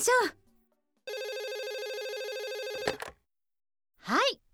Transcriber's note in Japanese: 電話ベル音